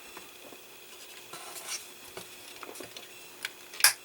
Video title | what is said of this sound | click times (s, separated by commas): Build the Goldfinger Aston Martin DB5 Issue 4 - Assemble Engine and Compartment | bit of fiddly there you heard that snap in | 3.8 s